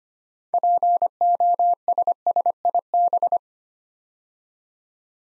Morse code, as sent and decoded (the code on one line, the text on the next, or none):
.--. --- ... ... .. -...
POSSIB